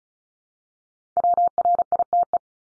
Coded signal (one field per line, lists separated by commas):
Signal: Morse code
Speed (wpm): 36 wpm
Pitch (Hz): 700 Hz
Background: none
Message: WRITE